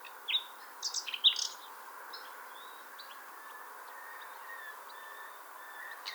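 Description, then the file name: Common nightingale song: a short phrase of clipped, varied chirps and whistles near the start, followed by soft background hiss and faint calls. "Luscinia megarhynchos"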